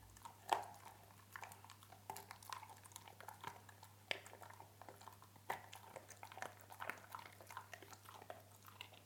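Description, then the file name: Dog eating, with soft irregular crunches and chewing clicks scattered throughout and a low steady hum beneath. "Hund frisst"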